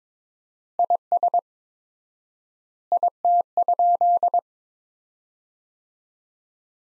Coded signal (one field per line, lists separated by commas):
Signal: Morse code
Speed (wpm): 21 wpm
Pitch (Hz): 700 Hz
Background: none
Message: IS IT?